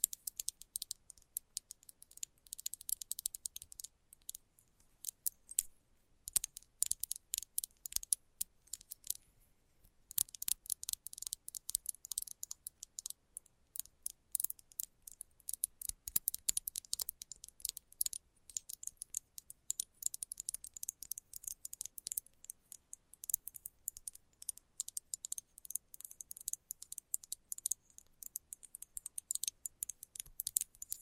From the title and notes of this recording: ASMR Fast But Light Tapping For Sleep And Relaxation（No Talking）.